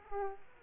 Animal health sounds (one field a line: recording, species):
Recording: mosquito wingbeat signal from an infrared sensor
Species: Aedes aegypti